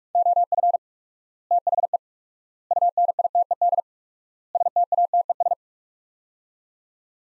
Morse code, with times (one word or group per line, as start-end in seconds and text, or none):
0.2-0.8 OF
1.5-2.0 THE
2.7-3.8 UNITED
4.6-5.5 STATES